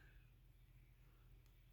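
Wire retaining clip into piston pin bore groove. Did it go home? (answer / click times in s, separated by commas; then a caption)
no / none. A wire piston pin retaining clip is rolled into the groove of a nitro engine piston's pin bore. Only a steady low hum and faint hiss are heard, with a brief high-frequency tick near 1.5 s but no clear click. The clip has not seated or clicked into the groove; the attempt missed.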